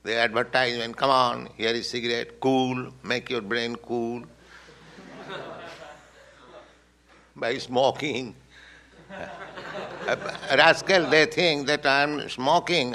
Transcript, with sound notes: The advertisement, "Come on, here is cigarette, 'Kool,' make your brain cool." [laughter] "By smoking." [laughter] Rascal. They think that "I am smoking..."